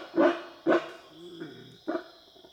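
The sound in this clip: Black howler monkey giving four deep, hoarse barking grunts, the first two close together, the third fainter and drawn out, the fourth after a pause.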